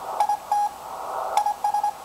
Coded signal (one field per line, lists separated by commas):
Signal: Morse code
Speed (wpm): 22 wpm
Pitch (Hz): 810 Hz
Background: none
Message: IT IS